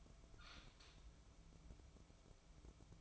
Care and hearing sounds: daily activity, microphone in the room; open fridge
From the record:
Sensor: 1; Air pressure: 1007.9 hPa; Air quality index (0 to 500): 106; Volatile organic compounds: 1 ppm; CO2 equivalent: 904 ppm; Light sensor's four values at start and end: 12/30/12/14 and 12/30/12/14

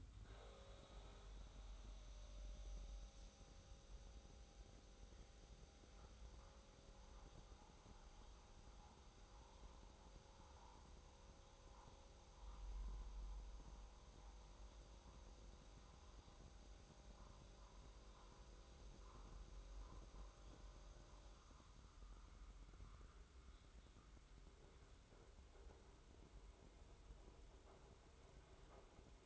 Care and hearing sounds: daily activity, microphone in the room; make coffee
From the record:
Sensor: 3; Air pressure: 994.4 hPa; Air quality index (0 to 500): 204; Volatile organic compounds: 1000 ppm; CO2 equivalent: 6780 ppm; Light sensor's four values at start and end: 186/446/187/185 and 124/292/119/110

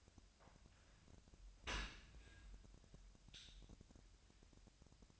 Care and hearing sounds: daily activity, microphone in the room; open dishwasher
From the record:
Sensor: 2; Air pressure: 1006.6 hPa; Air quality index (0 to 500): 200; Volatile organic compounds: 14 ppm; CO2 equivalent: 2448 ppm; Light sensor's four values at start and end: 9/21/9/9 and 9/21/9/9

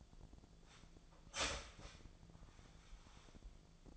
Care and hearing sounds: daily activity, microphone in the room; start toaster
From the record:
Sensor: 5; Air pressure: 1009.5 hPa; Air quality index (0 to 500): 168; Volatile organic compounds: 4 ppm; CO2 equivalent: 1623 ppm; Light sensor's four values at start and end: 91/242/98/104 and 91/242/98/104

